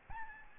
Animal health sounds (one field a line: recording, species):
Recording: mosquito wingbeat signal from an infrared sensor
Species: Aedes albopictus